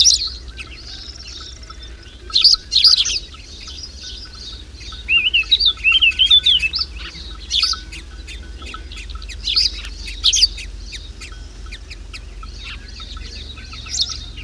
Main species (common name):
Spanish Sparrow